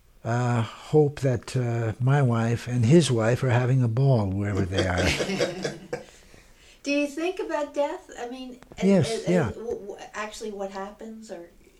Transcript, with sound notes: hope that my wife and his wife are having a ball wherever they are. ( they laugh )
Do you think about death, I mean, actually what happens, or...